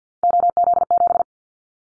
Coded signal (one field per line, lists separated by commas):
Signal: Morse code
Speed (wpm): 48 wpm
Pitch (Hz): 700 Hz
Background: none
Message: OZ7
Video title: Callsign Prefixes for Top 100 DXCC 50wpm